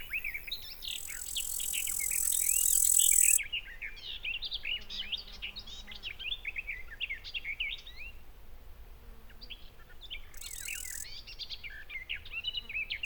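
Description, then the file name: Bush cricket giving a sustained high, hissing buzz for over two seconds, then a brief burst later, amid busy chirping and twittering of small birds. Recorded in a garden at Buchhorst on 23 July 2016. "ugbushcrick 1-S gardenw-1-S d st sw-buchhorst"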